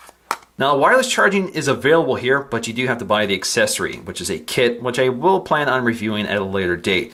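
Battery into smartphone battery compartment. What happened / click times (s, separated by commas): The battery snapped into its compartment / 0.3 s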